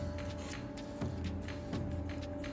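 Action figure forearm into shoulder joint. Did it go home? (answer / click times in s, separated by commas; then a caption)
no / none. The plastic forearms of a Studio Series 86 Galvatron transforming robot figure are handled and pushed toward their shoulder sockets, heard as soft plastic rubbing and tapping over a steady background hum, with a brief sharper knock near 1.5 seconds. Nothing has seated or clicked into the shoulders yet.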